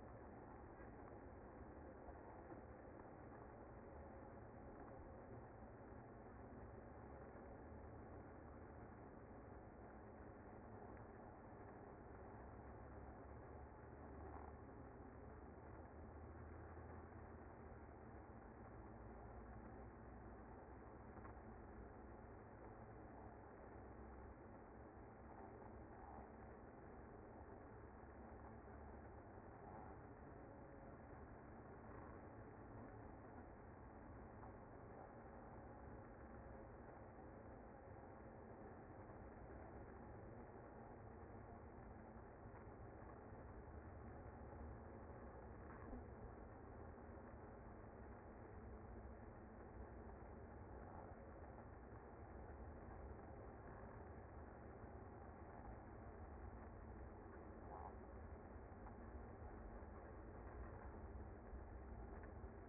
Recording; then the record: honeybee colony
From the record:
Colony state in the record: active